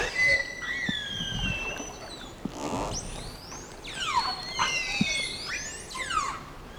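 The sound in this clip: Whale sounds: long high whistles and sharp downward sweeps, with brief pulsed bursts and low knocks in between.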